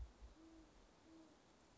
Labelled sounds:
Band-tailed Pigeon
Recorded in Sonoma County, California

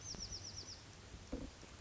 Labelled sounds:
Bewick's Wren
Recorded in Sonoma County, California

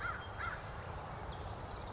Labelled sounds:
American Crow
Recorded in Sonoma County, California

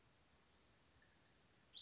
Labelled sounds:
Western Flycatcher
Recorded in Sonoma County, California

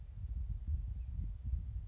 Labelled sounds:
Western Flycatcher
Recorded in Sonoma County, California

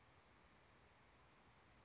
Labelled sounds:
Western Flycatcher
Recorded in Sonoma County, California

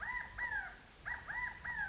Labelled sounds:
California Quail
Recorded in Sonoma County, California

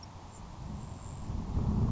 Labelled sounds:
Grasshopper Sparrow
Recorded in Sonoma County, California

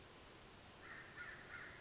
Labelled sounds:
American Crow
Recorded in Sonoma County, California

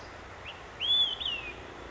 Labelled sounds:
Olive-sided Flycatcher
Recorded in Sonoma County, California

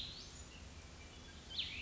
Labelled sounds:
Cassin's Vireo
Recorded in Sonoma County, California

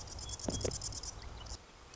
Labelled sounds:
Marsh Wren
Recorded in Sonoma County, California

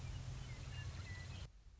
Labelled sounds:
Western Meadowlark
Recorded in Sonoma County, California

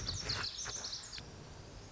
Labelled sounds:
Lazuli Bunting
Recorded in Sonoma County, California

